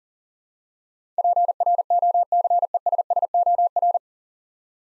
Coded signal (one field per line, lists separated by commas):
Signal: Morse code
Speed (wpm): 42 wpm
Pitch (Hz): 700 Hz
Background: none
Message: PROCESSOR